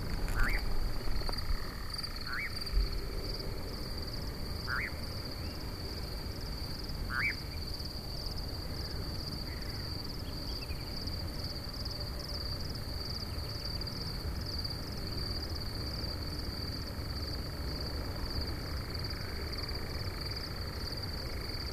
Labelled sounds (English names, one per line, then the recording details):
Eurasian Nightjar
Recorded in the wild
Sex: pair
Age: adult
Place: Schönow, Naturpark Barnim, Brandenburg, DE
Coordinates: 52.6931, 13.5006
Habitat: heather
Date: 2013-06-07 22:23
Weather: clear, windless, 15°C
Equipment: Sound Devices 702, Sennheiser MKH 70, Rycote Windschutz
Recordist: Frommolt, Karl-Heinz